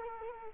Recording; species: mosquito wingbeat signal from an infrared sensor; Culex quinquefasciatus